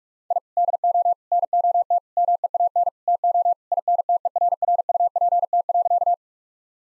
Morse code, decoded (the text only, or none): I DO NOT MEAN TO INTERRUPT.